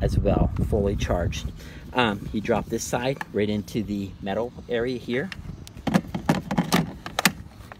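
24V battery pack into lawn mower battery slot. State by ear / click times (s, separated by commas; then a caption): seated / 7.2 s, 7.3 s. Someone talks while a 24V battery pack is dropped into its metal slot on a Greenworks 2 x 24V (48V) 17-inch brushless lawn mower and pushed down, with a few clattering handling knocks around 5.9–6.8 seconds. The pack latches with two sharp clicks at 7.2 and 7.3 seconds, seated in the slot.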